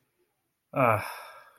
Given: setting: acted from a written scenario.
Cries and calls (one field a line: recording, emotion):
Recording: vocal sound without words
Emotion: serenity